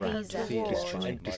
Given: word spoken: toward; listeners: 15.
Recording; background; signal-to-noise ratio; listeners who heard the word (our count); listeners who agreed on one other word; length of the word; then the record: one English word in noise, from a listening test; four-talker babble; -1.1 dB; 2 of 15; 6 of 15; 0.97 s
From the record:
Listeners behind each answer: 6, 2, 2, 1, 1, 1, 1, 1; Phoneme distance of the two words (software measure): 45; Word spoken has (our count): 2 syllables, 5 phonemes, stress on syllable 2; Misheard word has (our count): 2 syllables, 4 phonemes, stress on syllable 1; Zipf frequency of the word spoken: 3.50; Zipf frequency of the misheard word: 3.65